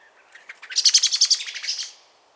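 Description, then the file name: Common blackbird giving a rapid series of harsh, chattering notes, starting softly, growing loud, then fading out. "Turdus merula"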